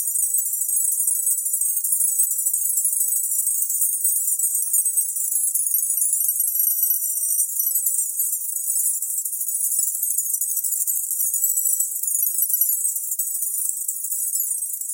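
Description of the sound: A steady, very high-pitched hiss runs unchanged for about fifteen seconds, with no low tones, voices or pauses. It is a synthetic tinnitus masking sound, an 8k distractor: a band of high hiss meant to cover or distract from ringing in the ears.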